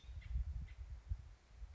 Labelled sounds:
American Robin
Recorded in Sonoma County, California

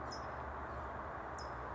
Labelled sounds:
California Towhee
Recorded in Sonoma County, California

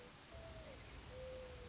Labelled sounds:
Mourning Dove
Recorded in Sonoma County, California

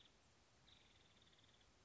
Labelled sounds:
Nuttall's Woodpecker
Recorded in Sonoma County, California

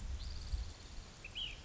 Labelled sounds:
Ash-throated Flycatcher
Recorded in Sonoma County, California

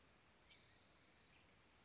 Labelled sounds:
Spotted Towhee
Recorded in Sonoma County, California

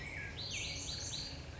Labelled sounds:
Black-headed Grosbeak
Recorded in Sonoma County, California

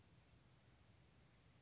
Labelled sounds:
Western Flycatcher
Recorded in Sonoma County, California

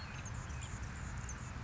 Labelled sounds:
Anna's Hummingbird
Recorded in Sonoma County, California

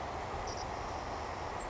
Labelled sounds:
Savannah Sparrow
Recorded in Sonoma County, California

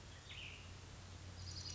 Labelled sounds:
Cassin's Vireo
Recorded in Sonoma County, California

